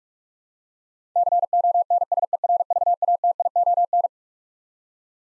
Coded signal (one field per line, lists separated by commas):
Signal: Morse code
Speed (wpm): 46 wpm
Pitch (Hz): 700 Hz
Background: none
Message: CONSERVATION